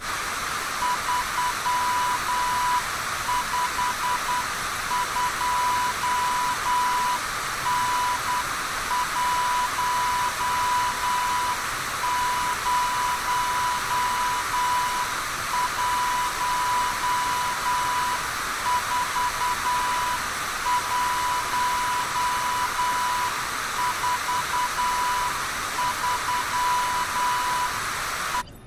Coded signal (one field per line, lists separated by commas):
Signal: Morse code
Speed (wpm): 9 wpm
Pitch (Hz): 990 Hz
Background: none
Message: 352N1014143E